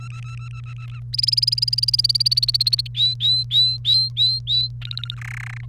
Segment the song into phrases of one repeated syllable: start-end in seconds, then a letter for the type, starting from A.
0.00-0.99 A, 1.13-2.87 B, 2.95-4.68 C, 4.82-5.15 D, 5.18-5.61 E